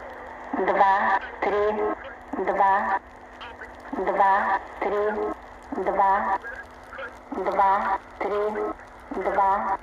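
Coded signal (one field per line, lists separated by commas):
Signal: numbers station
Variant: S06s and E11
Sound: short spoken words at an even pace, about eight, from female voices over shortwave static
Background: radio static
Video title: SW DX - 2 Numbers Stations received simultaneously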